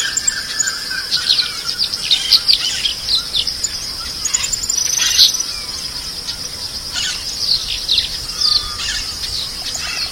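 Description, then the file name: Southern rough-winged swallow giving brief scratchy chirps in quick clusters, then sparser notes, against a steady high cricket drone. "canto da andorinha serradora"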